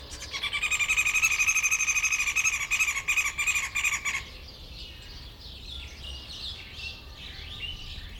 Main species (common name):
Hamerkop